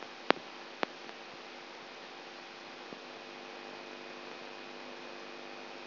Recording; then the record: brain microelectrode recording played as sound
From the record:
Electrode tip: outside the subthalamic nucleus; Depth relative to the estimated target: -4 mm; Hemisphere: right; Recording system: AlphaMap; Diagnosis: Parkinson's disease